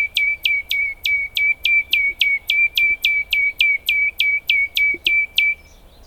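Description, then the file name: Common nightingale song: a steady series of loud, identical whip-like notes, about three or four each second, for nearly six seconds, then silence. "Luscinia megarhynchos"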